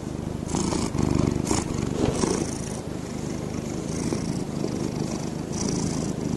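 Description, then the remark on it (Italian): A cat purrs steadily, a deep continuous rumble that pulses gently as it breathes in and out, with a soft breathy hiss riding on top and no talking. “In realtà si è visto che le fusa hanno questa strana particolarità, e cioè che c'è questo suono profondo che c'è sia quando inspirano che quando espirano, quindi è un suono continuo, no?”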